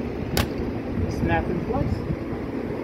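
An adjustable part of an Evenflo Pivot Xpand Convertible stroller is lifted back up and snaps into its lock with a sharp click at 0.4 s. Someone talks over a steady background hum, and the part is seated and locked in place.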